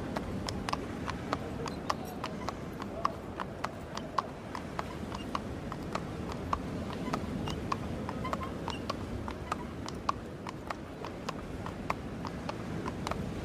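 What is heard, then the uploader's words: A simple wagon rolls along as a horse's hooves clop in a steady, even rhythm over a constant low rumble of wheels. A simple wagon takes them up and down the coast to their respective homes.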